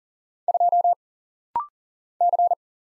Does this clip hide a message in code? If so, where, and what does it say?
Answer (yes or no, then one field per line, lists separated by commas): yes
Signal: Morse code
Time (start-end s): 0.5-2.5 s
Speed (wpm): 40 wpm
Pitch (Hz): 700 Hz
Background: none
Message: 2 C